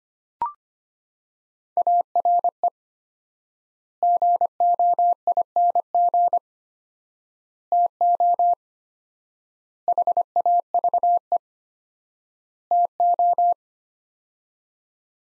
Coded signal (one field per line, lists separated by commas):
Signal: Morse code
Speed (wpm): 25 wpm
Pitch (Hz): 700 Hz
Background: none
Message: ARE GOING TO HAVE TO